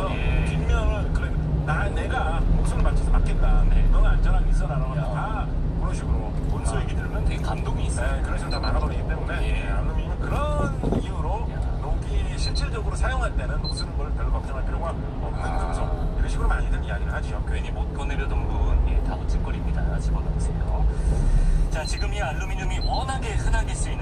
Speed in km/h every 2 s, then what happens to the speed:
26, 29, 28, 25, 17, 14, 12, 12, 12, 15, 15, 12.
3-12 slows to 12. 12-24 steady at about 12.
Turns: none.